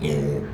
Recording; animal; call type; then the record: contact call of a hoofed animal; pig; closed-mouth grunt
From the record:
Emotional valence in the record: negative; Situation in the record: short social isolation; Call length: 0.54 s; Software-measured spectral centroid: 1970 Hz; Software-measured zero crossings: 870 a second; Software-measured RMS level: -24 dBFS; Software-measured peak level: -11 dBFS